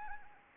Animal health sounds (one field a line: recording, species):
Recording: mosquito wingbeat signal from an infrared sensor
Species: Anopheles arabiensis